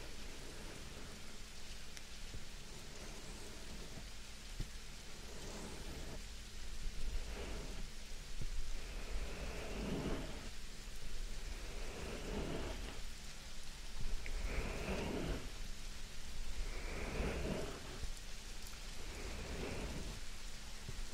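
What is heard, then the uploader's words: Steady rain hiss fills the background, with a low hum underneath. From about seven seconds on, soft rubbing strokes on the microphone, like an ear massage, sweep in regularly every two to three seconds. No voice is heard. ASMR super sensitive light ear massage & attention - no talking, rain.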